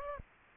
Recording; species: mosquito wingbeat signal from an infrared sensor; Aedes aegypti